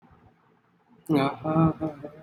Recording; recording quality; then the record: counting at a fast pace; poor, much background noise or distortion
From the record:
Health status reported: healthy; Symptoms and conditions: none ticked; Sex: male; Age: 26 years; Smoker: not ticked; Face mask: not worn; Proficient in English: yes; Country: India